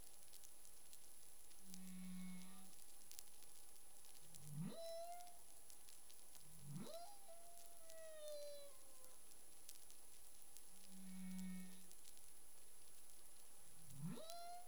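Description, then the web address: Humpback whale song: low hums and rising upsweeps that level into long tonal notes, against crackling underwater noise. Caribbean, recorded 25 February 2021 at 11:23 UTC. "CARIMAM. humpback whale 20210225 112328 UTC"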